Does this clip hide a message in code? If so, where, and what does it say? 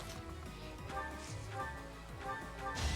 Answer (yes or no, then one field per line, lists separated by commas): no